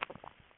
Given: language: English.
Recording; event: throat vibration sensor signal played as sound; swallow